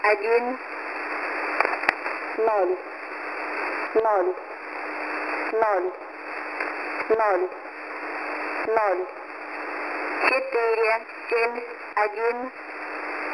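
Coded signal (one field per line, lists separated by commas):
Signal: numbers station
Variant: S06s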